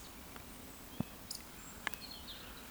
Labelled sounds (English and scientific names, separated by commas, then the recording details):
Eurasian Woodcock (Scolopax rusticola) whistle
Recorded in Baden-Württemberg, Germany, on 14 June 2020 at 19:57 UTC
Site 14569, 102 m above sea level